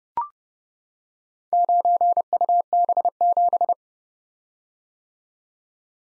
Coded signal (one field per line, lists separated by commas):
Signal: Morse code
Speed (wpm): 30 wpm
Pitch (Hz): 700 Hz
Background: none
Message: 9UB7